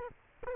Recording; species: mosquito wingbeat signal from an infrared sensor; Culex quinquefasciatus